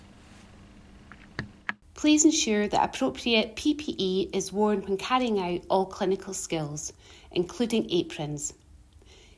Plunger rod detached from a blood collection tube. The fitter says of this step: and then snap off the plunger.